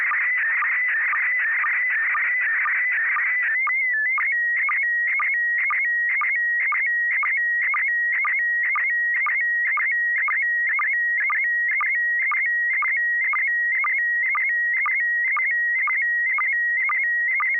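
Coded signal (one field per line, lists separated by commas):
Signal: SSTV (slow-scan television)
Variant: PD 120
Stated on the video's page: SSTV images exchanged on a weekly amateur net via an FM repeater on 441.300 MHz in Sacramento, California.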